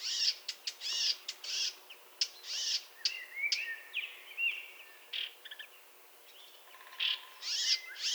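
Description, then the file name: Eurasian blackcap calling with short rasping bursts and clicks, mixed with softer slurred whistles that waver up and down, then more harsh notes near the end. "Sylvia atricapilla"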